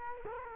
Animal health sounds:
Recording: mosquito wingbeat signal from an infrared sensor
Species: Culex quinquefasciatus

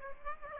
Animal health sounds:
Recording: mosquito wingbeat signal from an infrared sensor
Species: Aedes aegypti

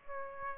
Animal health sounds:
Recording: mosquito wingbeat signal from an infrared sensor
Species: Aedes aegypti

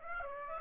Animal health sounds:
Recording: mosquito wingbeat signal from an infrared sensor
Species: Aedes aegypti

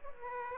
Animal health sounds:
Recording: mosquito wingbeat signal from an infrared sensor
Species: Aedes aegypti

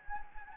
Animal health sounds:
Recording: mosquito wingbeat signal from an infrared sensor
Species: Anopheles gambiae

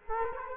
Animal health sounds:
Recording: mosquito wingbeat signal from an infrared sensor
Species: Culex quinquefasciatus

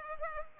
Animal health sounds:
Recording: mosquito wingbeat signal from an infrared sensor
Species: Culex pipiens

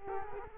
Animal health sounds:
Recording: mosquito wingbeat signal from an infrared sensor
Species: Culex quinquefasciatus

